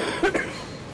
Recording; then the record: coughing mixed with background sound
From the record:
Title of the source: 31 night wet cough